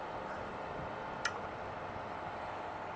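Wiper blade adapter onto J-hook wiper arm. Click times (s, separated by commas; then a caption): 1.2 s. A PIAA silicone wiper blade with its plastic adapter is slid onto the J-hook wiper arm of a Volkswagen Passat and raised until the adapter latches on. A single short, sharp click is heard at 1.3 seconds over a steady background hiss, and the blade is seated and confirmed installed.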